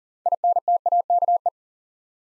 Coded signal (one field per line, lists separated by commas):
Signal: Morse code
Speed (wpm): 38 wpm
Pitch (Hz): 700 Hz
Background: none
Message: INTAKE